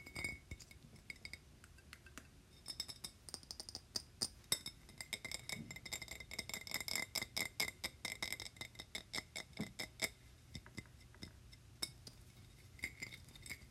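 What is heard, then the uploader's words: Glass is tapped repeatedly in quick, uneven bursts of bright clinks, each leaving a short ringing tone. The taps cluster most densely through the middle, around six to ten seconds, with sparser hits before and after over a soft low hum. 𝑔𝑙𝑎𝑠𝑠 𝐴𝑆𝑀𝑅 ( 𝑛𝑜 𝑡𝑎𝑙𝑘𝑖𝑛𝑔 ).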